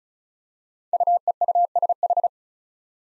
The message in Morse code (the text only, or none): UEUSH